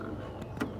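A headlight bulb is turned clockwise into the headlamp housing of a 2010 Ford Explorer until it locks, with a soft low rumble in the background. A sharp snap-click at 0.6 s marks the bulb seating in the housing.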